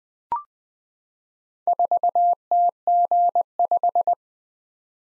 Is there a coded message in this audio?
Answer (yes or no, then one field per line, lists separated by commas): yes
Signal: Morse code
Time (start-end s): 1.7-4.1 s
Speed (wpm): 20 wpm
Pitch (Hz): 700 Hz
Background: none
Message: 4TG5